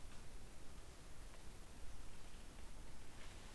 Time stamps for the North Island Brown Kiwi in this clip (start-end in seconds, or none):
none